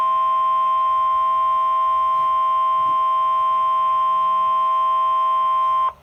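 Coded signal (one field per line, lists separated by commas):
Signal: Emergency Alert System (SAME) tones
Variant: 1050 Hz attention tone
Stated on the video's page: Required weekly test tones on NOAA Weather Radio station at 162.475 MHz, received on a Midland WR120 weather radio.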